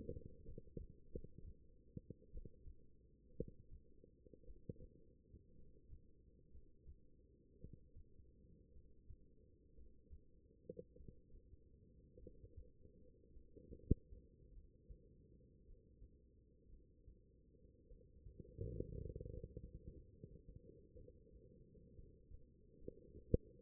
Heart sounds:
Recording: heart sounds by stethoscope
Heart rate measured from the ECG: 57 bpm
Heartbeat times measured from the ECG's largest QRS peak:
0.44 s: heartbeat
1.11 s: heartbeat
2.31 s: heartbeat
3.35 s: heartbeat
4.44 s: heartbeat
5.55 s: heartbeat
6.50 s: heartbeat
7.59 s: heartbeat
8.72 s: heartbeat
9.74 s: heartbeat
10.96 s: heartbeat
12.19 s: heartbeat
13.32 s: heartbeat
14.52 s: heartbeat
15.63 s: heartbeat
16.68 s: heartbeat
17.87 s: heartbeat
18.98 s: heartbeat
19.92 s: heartbeat
20.94 s: heartbeat
21.93 s: heartbeat
22.78 s: heartbeat
23.61 s: heartbeat
From the record:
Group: healthy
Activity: rest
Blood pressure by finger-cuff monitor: 120/75 mmHg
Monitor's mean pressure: 93 mmHg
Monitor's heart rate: 55 bpm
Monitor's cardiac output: 5.7 L/min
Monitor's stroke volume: 106 mL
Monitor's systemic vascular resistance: 1220 dyn s/cm5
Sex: female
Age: 23 years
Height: 160 cm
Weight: 50.4 kg

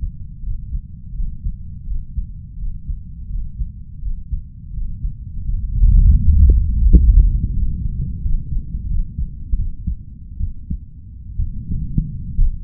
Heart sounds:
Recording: heart sounds by stethoscope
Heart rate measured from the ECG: 80 bpm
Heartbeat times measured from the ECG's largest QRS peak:
0.41 s: heartbeat
1.12 s: heartbeat
1.84 s: heartbeat
2.56 s: heartbeat
3.28 s: heartbeat
4.00 s: heartbeat
4.71 s: heartbeat
5.43 s: heartbeat
6.15 s: heartbeat
6.84 s: heartbeat
7.53 s: heartbeat
8.21 s: heartbeat
8.87 s: heartbeat
9.55 s: heartbeat
10.37 s: heartbeat
11.36 s: heartbeat
12.35 s: heartbeat
From the record:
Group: healthy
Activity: Valsalva maneuver 0-9 s, rest 9-13 s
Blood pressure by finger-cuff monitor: 80/59 mmHg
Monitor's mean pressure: 64 mmHg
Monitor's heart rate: 83 bpm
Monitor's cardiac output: 4.9 L/min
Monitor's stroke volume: 58 mL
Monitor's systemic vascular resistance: 880 dyn s/cm5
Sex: female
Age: 32 years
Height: 168 cm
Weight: 61.9 kg

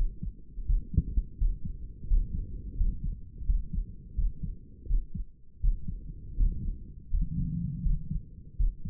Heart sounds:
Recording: heart sounds by stethoscope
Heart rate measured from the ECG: 84 bpm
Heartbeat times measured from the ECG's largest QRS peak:
0.66 s: heartbeat
1.38 s: heartbeat
2.07 s: heartbeat
2.76 s: heartbeat
3.45 s: heartbeat
4.15 s: heartbeat
4.87 s: heartbeat
5.60 s: heartbeat
6.36 s: heartbeat
7.10 s: heartbeat
7.82 s: heartbeat
8.56 s: heartbeat
From the record:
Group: healthy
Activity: rest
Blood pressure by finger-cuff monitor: 112/62 mmHg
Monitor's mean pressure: 72 mmHg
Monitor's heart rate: 85 bpm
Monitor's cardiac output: 7.3 L/min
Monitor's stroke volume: 87 mL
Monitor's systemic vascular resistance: 710 dyn s/cm5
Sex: male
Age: 35 years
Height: 180 cm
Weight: 86.9 kg

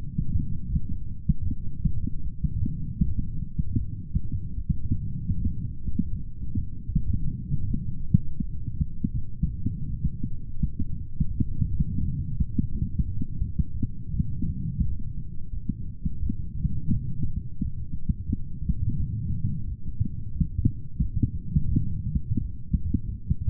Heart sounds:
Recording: heart sounds by stethoscope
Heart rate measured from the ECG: 83 bpm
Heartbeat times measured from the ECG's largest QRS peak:
0.67 s: heartbeat
1.43 s: heartbeat
2.22 s: heartbeat
3.02 s: heartbeat
3.78 s: heartbeat
4.55 s: heartbeat
5.35 s: heartbeat
6.11 s: heartbeat
6.86 s: heartbeat
7.65 s: heartbeat
8.38 s: heartbeat
9.12 s: heartbeat
9.87 s: heartbeat
10.57 s: heartbeat
11.29 s: heartbeat
12.01 s: heartbeat
12.70 s: heartbeat
13.39 s: heartbeat
14.12 s: heartbeat
14.83 s: heartbeat
15.51 s: heartbeat
16.20 s: heartbeat
16.91 s: heartbeat
17.59 s: heartbeat
18.27 s: heartbeat
18.97 s: heartbeat
19.65 s: heartbeat
20.33 s: heartbeat
21.00 s: heartbeat
21.71 s: heartbeat
22.39 s: heartbeat
23.06 s: heartbeat
From the record:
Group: healthy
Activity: light exercise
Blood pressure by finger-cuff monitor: 101/64 mmHg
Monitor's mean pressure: 75 mmHg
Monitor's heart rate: 83 bpm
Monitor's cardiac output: 6.3 L/min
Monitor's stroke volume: 76 mL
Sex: female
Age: 36 years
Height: 163 cm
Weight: 88 kg

